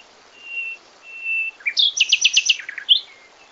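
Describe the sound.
Common nightingale song: two long, pure, level whistles, then a sudden burst of rapid, loud, repeated liquid notes ending in a short upward flourish.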